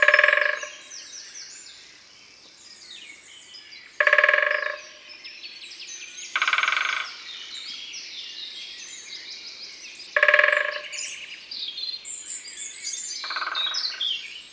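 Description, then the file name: Great spotted woodpecker drumming: brief rapid rolls repeated every few seconds, with other birds calling in the background. In a forest. "Pic epeiche Un jour dans la foret"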